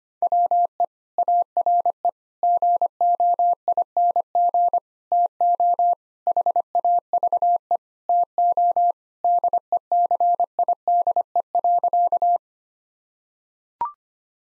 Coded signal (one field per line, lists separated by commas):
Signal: Morse code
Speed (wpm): 25 wpm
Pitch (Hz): 700 Hz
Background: none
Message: WE ARE GOING TO HAVE TO DECIDE.